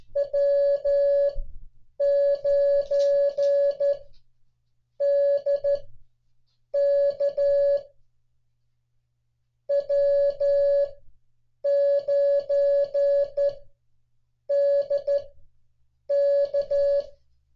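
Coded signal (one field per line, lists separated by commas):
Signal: Morse code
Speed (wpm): 12 wpm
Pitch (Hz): 560 Hz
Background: none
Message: W9DK W9DK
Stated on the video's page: Morse call sign copying practice using real North American call signs from a 1991 log.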